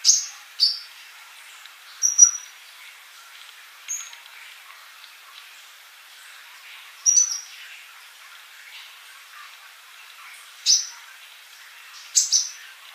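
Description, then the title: Bird chirping: scattered high, thin whistled notes and brief slurs, some paired, coming every few seconds across a soft hissy background. "Kicau Burung"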